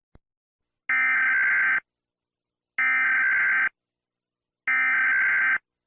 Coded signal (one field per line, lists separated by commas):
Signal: Emergency Alert System (SAME) tones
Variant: header bursts